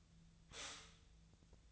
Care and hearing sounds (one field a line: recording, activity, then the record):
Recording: daily activity, microphone in the room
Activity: stop toaster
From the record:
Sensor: 3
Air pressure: 1009.2 hPa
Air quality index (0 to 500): 198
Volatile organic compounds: 16 ppm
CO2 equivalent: 2563 ppm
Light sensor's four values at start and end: 32/79/34/36 and 32/79/34/36